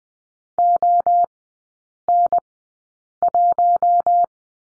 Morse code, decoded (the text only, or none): ON1